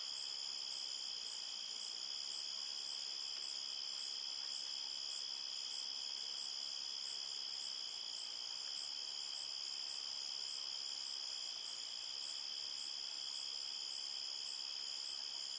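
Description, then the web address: Crickets in a steady, continuous chorus of high, even tones at several pitches, with a soft hiss underneath and no other clear sounds. Several crickets chirping steadily at night at a forest edge. "Big Room Sound Crickets"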